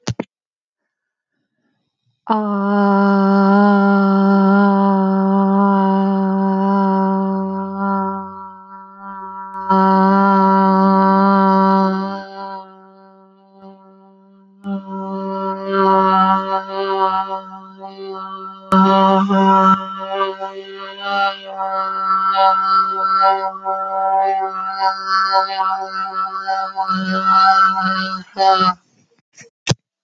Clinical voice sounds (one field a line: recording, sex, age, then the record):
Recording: vowel held as long as possible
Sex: female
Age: 30 to 39 years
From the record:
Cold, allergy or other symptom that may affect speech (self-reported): no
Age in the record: 36 years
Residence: Texas, United States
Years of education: 16